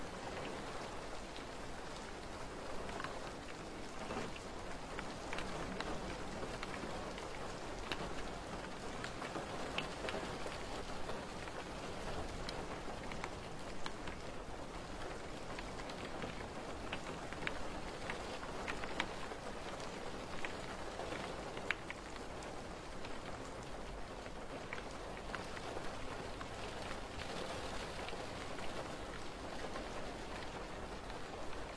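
Steady, dense rain falls in a ground-floor garden, with sharp drops pattering on surfaces and a faint low rumble beneath.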